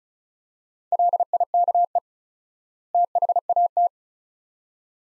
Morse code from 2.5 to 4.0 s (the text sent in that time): THAT